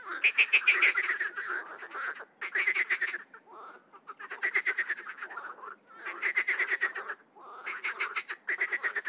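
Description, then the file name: Marsh frog calling in pulsed rattles, loud bursts of one to two seconds following each other with short breaks. "grenouille rieuse"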